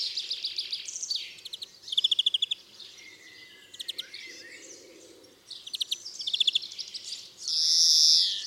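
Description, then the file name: European greenfinch twittering in quick rattling bursts of high notes, broken by pauses, then ending with a long, loud, buzzy wheeze. "Chloris chloris"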